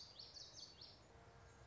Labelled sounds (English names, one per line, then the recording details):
Common Yellowthroat
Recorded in Sonoma County, California